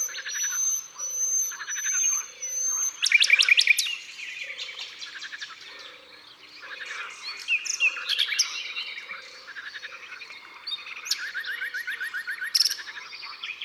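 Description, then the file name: Common nightingale song beginning with high pure whistles, then loud rapid trills and a fast rattle, with a regular low note pulsing underneath. Natural concert recorded in the Drôme, France. "Rossignol philomele Concerts Naturels de la Drome Studio les Trois Becs"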